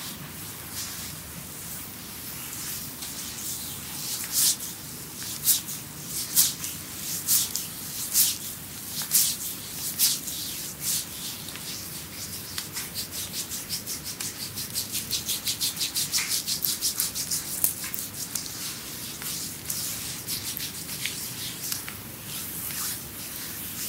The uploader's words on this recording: ASMR Creamy Full Body Massage by Adel.